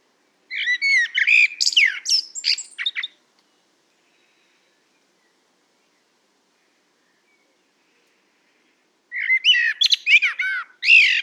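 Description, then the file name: Common blackbird song, two rich warbling phrases of fluted notes ending in shrill twitters, separated by roughly six seconds of quiet. "Turdus merula"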